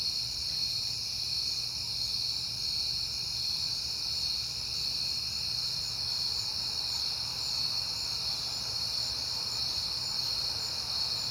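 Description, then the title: Crickets keep up a continuous high chorus at several pitches over a faint low hum. Recorded on a peaceful night in September, crickets heard often at that time. "Night Time: Crickets and Passing Cars"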